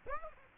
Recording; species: mosquito wingbeat signal from an infrared sensor; Aedes aegypti